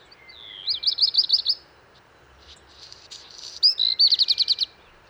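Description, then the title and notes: Black redstart song: fast high warble of repeated looping notes, a brief gritty crackling section, then a second rapid trill. Wild bird, 19 March 2019, Val Maravel, Drôme, France; early morning; first of season; perched atop a large lime tree; crumpled song; parabolic microphone, MKH8020, MixPre-3. "Val Maravel - Drôme. chant du Rouge-queue noir"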